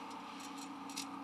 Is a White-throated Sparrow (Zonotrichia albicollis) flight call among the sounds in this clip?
no